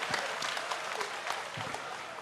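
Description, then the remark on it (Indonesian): A crowd applauds steadily, dense overlapping claps forming a continuous moderate-level patter with a few sharper claps standing out, while faint voices murmur underneath. “Ape, tepuk tangan, tepuk tangan.”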